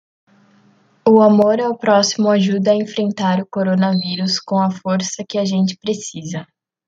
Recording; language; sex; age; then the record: spoken sentence; Brazilian Portuguese; female; 18 to 19 years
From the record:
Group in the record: control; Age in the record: 19 years